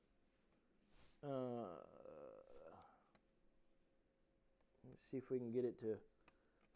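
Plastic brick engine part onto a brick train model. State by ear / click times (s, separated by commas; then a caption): seated / 6.3 s. A plastic building-brick engine part is pushed onto a brick train model to fit and snap into place. Someone talks, then a short click is heard at 6.3 s as the part seats.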